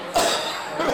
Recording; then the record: coughing mixed with background sound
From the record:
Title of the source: Spring Allergy Coughing